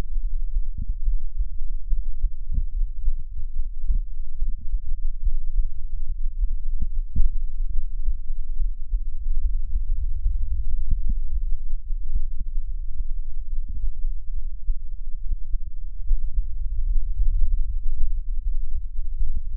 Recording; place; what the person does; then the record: lung sounds by stethoscope; left anterior apical chest; quiet breathing, then deep breathing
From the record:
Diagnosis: asthma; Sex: female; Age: 66 years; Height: 172 cm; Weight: 76 kg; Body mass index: 25.7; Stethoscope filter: bell mode